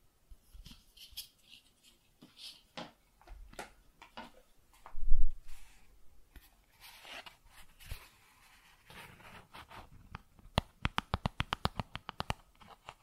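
Cardboard is scratched and scraped in scattered short strokes, with a louder tearing rip near five seconds and a quick burst of rapid scratches toward the end.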